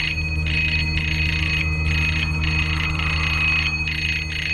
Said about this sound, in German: Gleich darauf hörten wir ihn über unsere Walkie-Talkies die Klingel bearbeiten.